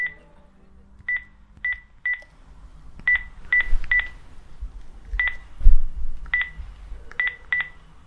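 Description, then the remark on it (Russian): Siluyanov dials a telephone: about a dozen short touch-tone beeps in an uneven rhythm, pausing between groups, over a low background rumble. “Философ попрощался и вышел, а Силуянов набросился на телефон.”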